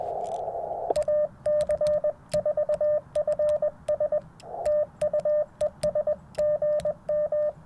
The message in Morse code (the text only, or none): AC4FS TU ES GM